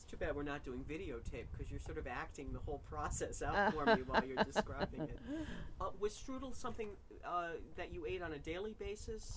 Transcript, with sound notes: It's too bad we're not doing video tape because you're sort of acting the whole process out for me while you're describing it. (Both laugh) Was strudel something that you ate on a daily basis?